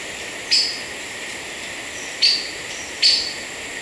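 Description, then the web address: Chestnut-crowned Gnateater calls: three abrupt high notes, the last two close together, over a constant buzzing insect background. Ecuador. "Natures Songs S America Birds of Ecuador Chestnut-Crowned Gnateater"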